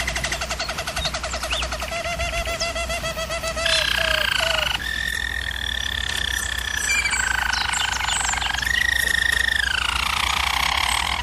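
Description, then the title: German Roller canary rolling song: rapid pulsed trill first, then smooth sustained rolls that step up and down in pitch, with a steady low hum behind. German Roller canary singing, recording made for canary training. "German Roller Canary Singing - Canary Training Vid"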